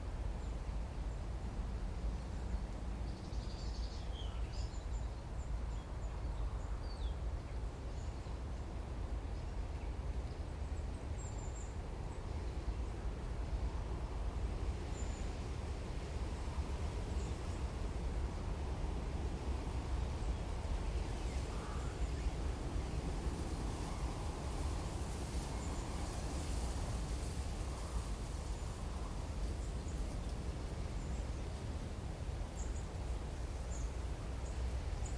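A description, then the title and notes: Outdoor ambience in a wooded park covert, dominated by a steady, dense low rumble like traffic that holds level throughout. Brief, thin bird chirps break through now and then, around the fourth, eleventh, fifteenth and twenty-sixth seconds, sounding small. Park Covert, Holbrook, Suffolk.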